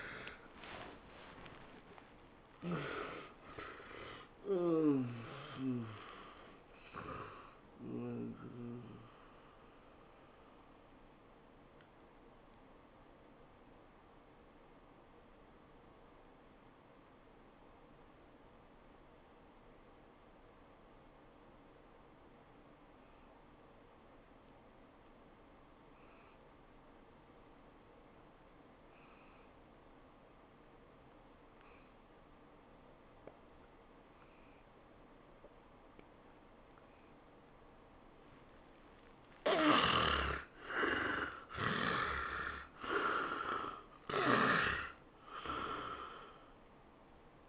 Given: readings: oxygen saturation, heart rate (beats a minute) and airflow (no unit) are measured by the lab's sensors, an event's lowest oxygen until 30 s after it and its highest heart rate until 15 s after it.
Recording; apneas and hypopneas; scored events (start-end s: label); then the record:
breathing in sleep by a voice recorder at the bedside; 1
14.00-40.50 s: hypopnea (N1, oxygen 93% highest, then 69% lowest, heart rate 103 at the start, 105 highest)
From the record:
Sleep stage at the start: N1 (lightest sleep); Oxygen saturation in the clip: 67 to 93%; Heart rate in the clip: 81 to 110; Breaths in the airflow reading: 7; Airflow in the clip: -17.0 to 11.5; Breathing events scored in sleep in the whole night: 403 in 5.5 hours asleep